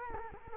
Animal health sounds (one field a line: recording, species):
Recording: mosquito wingbeat signal from an infrared sensor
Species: Culex quinquefasciatus